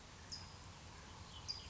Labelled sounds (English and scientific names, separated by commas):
California Towhee (Melozone crissalis)